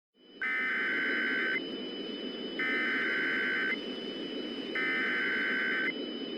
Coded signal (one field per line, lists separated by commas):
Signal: Emergency Alert System (SAME) tones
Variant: header bursts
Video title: Too Hot Too Cold: A Mini EAS Scenario